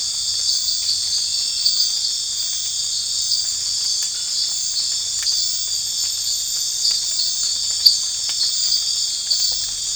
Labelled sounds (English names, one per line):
none